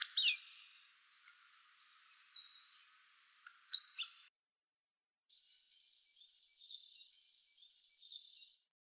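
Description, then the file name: Hawfinch calls: thin, high whistled notes and sharp ticks at first, then a short silence, followed by a quicker series of crisp, very high clicks. "Coccothraustes coccothraustes"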